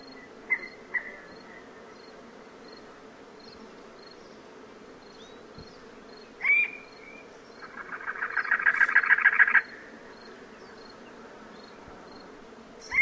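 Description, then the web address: Cactus wren: a few brief notes, then one sharp call, followed by a two-second burst of fast, raspy, churring notes over a steady faint high ticking. Cactus wren from North America, among common western species. "Songs of Birds of North America Know Your Bird Sounds. Cactus Wren"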